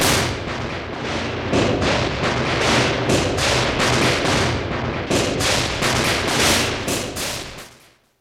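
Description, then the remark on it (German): A rapid, continuous barrage of sharp cracks and bangs from a whole load of New Year's fireworks going off inside a tiled stove (Kachelofen), loud and dense throughout, tapering off at the very end with no voices. “Rolf, hast du etwa was in der Kachelofe getan? Ja, die ganze Feuerwerkssache.”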